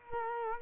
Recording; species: mosquito wingbeat signal from an infrared sensor; Culex quinquefasciatus